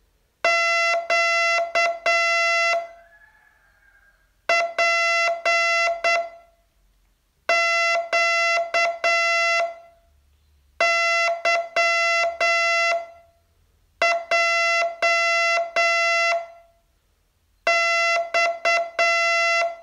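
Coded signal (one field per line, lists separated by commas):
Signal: Morse code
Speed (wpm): 7 wpm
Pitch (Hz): 2050 Hz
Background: none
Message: Q P Q Y J X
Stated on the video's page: Day 36 of a 42-day Morse code training course.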